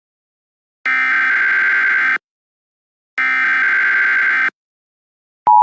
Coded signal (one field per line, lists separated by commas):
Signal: Emergency Alert System (SAME) tones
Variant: header bursts